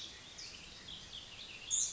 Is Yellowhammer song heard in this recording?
no